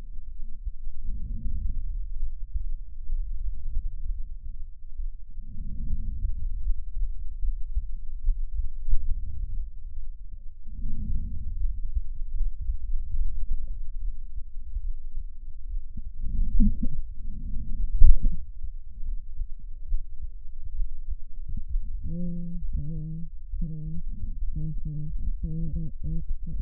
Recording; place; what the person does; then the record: lung sounds by stethoscope; left anterior apical chest; quiet breathing, then cough and speech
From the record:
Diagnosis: interstitial lung disease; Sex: female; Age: 72 years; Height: 158 cm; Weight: 69 kg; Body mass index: 27.6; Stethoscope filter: bell mode